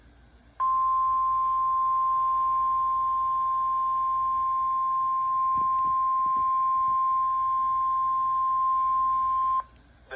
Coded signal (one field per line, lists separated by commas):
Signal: Emergency Alert System (SAME) tones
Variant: 1050 Hz attention tone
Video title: June 30th, 2024 Severe Thunderstorm Warning for Grafton County, NH - EAS 5.